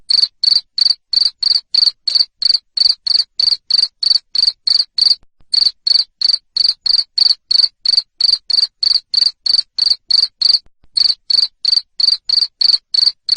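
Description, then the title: Loud cricket chirps repeated about three times a second, sharp and high-pitched, with a couple of brief pauses. Loud cricket chirping (jangkrik ngerik) played to stimulate lovebirds to sing continuously (ngekek). "Suara JANGKRIK NGERIK Keras Bikin LOVEBIRD Jadi NGEKEK Terus Vubey"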